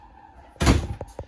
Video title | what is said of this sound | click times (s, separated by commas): 2022 FOREST RIVER SALEM FSX 210RD STK# 14006A | That back door there, they do got this guy here, which locks into place | 0.6 s